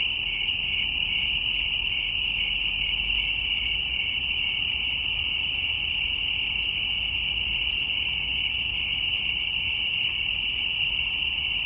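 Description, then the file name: Cricket song, a steady, unbroken high-pitched trill holding one pitch throughout. Recorded in nature. "Sverchok v prirode"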